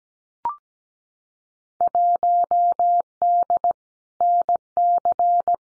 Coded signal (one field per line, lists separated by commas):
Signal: Morse code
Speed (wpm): 17 wpm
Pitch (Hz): 700 Hz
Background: none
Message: 1D NC